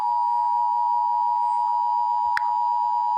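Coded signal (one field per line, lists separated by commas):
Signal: Emergency Alert System (SAME) tones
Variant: 853 and 960 Hz attention tone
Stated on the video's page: Fictional EAS scenario based on The Amazing World of Gumball; simulated alert.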